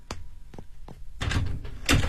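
Three sharp, evenly spaced knocks ring out, followed by a louder rattling clatter as a door is unlatched and swung open, ending in a final thump, in a Beijing radio story drama.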